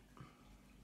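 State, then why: Not seated. A press-stud snap on a washable cloth panty liner is being handled, giving a short sharp hit at about 0.2 s and a low steady background. The clip ends before the snap closes, so nothing has seated or clicked yet.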